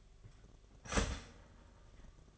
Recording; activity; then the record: daily activity, microphone in the room; start toaster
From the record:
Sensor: 4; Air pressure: 1005.0 hPa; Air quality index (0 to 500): 188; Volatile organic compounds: 6 ppm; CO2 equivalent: 1841 ppm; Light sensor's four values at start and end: 18/62/23/22 and 17/57/21/20